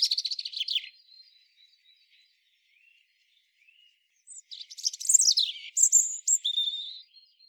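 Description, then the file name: European robin song with a rapid high twittering phrase, a stretch of faint thin notes, then a louder burst of trills and whistled notes. "Erithacus rubecula"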